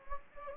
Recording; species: mosquito wingbeat signal from an infrared sensor; Anopheles gambiae